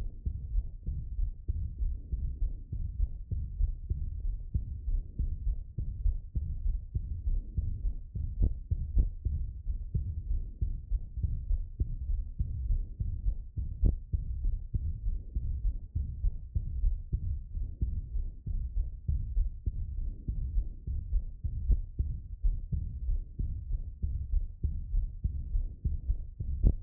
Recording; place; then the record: heart sounds by stethoscope; pulmonary valve (PV)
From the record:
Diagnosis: non-HFrEF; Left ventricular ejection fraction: 44%